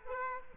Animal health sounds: mosquito wingbeat signal from an infrared sensor; Aedes aegypti

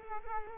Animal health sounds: mosquito wingbeat signal from an infrared sensor; Culex quinquefasciatus

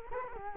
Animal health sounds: mosquito wingbeat signal from an infrared sensor; Culex quinquefasciatus

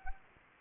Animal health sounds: mosquito wingbeat signal from an infrared sensor; Anopheles arabiensis

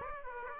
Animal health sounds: mosquito wingbeat signal from an infrared sensor; Aedes aegypti

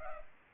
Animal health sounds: mosquito wingbeat signal from an infrared sensor; Culex pipiens

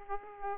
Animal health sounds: mosquito wingbeat signal from an infrared sensor; Aedes aegypti

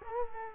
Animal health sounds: mosquito wingbeat signal from an infrared sensor; Culex quinquefasciatus

